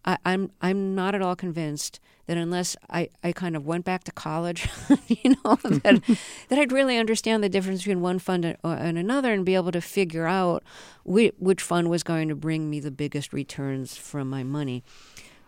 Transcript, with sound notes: I'm not at all convinced that unless I kind of went back to college...
(LAUGHTER)
You know, that I'd really understand the difference between one fund and another and be able to figure out which fund was going to bring me the biggest returns from my money.